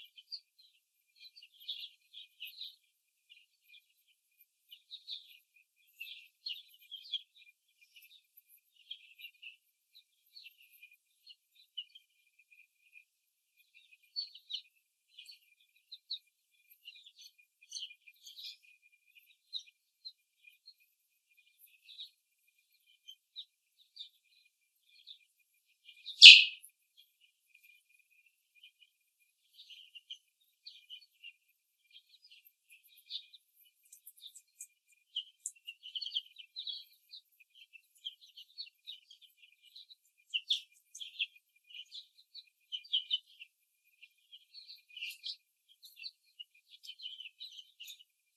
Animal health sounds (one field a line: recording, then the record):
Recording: young laying hens in a cage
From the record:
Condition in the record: before the stressor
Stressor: simulated dog barking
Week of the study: 3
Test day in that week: 1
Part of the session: 3